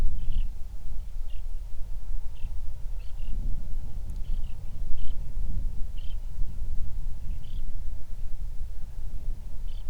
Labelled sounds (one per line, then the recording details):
songbird
wind
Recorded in the Prudhoe Bay oil fields, Alaska, on 31 July 2019 at 08:04
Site 24